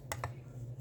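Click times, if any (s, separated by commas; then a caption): none. A plastic part of a transforming robot toy is fitted into its slot on the toy body the intended way, with two brief light plastic taps near 0.1 s and 0.2 s over a steady low hum. The part goes in, but nothing seats with a satisfying click.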